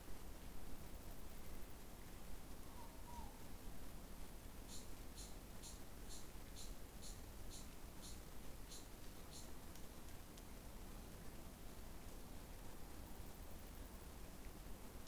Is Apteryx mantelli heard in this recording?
no